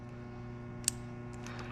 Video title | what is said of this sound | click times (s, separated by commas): Rosso electric quad model R and T charging port replacement | and you're going to hear that click so same with the red wire make sure that this top is out | 0.9 s